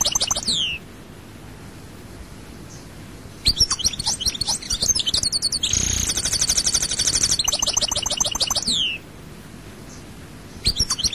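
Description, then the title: European goldfinch: a short twittering phrase, a pause, then a long sustained song of fast liquid trills with a buzzy passage, ending in a downslurred note. "Chant Chardonneret"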